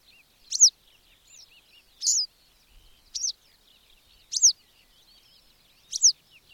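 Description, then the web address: Bird singing crisp, high, down-slurred chirps about every one and a half seconds, five in total, with faint chatter between them. "madarak enek"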